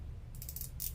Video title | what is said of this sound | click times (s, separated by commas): Lets Create a Bright Rainbow Flower Wreath using The Pinwheel Petal #diy #wreathmaking | Hear that sound? And it locks. | 0.4 s, 0.5 s, 0.6 s, 0.9 s